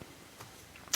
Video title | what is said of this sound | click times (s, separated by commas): Shark 2 in 1 Cordless Stik Vacuum Cleaner Demonstration | it down until you hear a click and then | 0.9 s